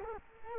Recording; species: mosquito wingbeat signal from an infrared sensor; Culex quinquefasciatus